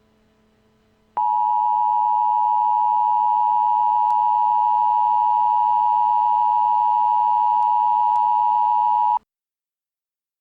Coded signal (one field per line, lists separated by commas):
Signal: Emergency Alert System (SAME) tones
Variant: 853 and 960 Hz attention tone